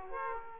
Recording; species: mosquito wingbeat signal from an infrared sensor; Aedes aegypti